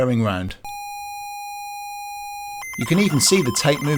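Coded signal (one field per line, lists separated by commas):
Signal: ZX Spectrum tape loading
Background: speech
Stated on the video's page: ZX Spectrum tape loading in the Retro Virtual Machine emulator.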